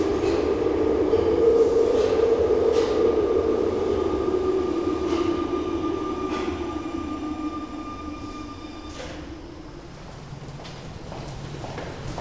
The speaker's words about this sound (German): In diesem Moment fuhr auf dem gegenüberliegenden Gleis 6 ein Zug ein, dessen Fahrtwind wahrscheinlich das Sarin überall verteilte.